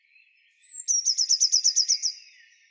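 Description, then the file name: Eurasian blue tit song phrase: a thin high introductory note followed by a quick, regular trill. "Cyanistes caeruleus"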